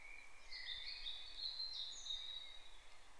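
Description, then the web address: European robin giving a thin, high warbling phrase of wavering, sliding notes, with a steady faint hiss of background noise underneath. "SETE data Erithacus rubecula"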